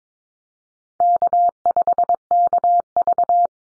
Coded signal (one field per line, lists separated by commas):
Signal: Morse code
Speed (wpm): 22 wpm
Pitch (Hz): 700 Hz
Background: none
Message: K5KV